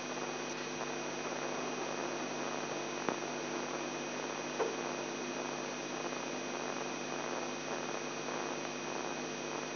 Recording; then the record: brain microelectrode recording played as sound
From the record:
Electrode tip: inside the subthalamic nucleus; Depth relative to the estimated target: 2 mm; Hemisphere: left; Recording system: AlphaMap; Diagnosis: Parkinson's disease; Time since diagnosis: 11 years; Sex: male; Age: 42 years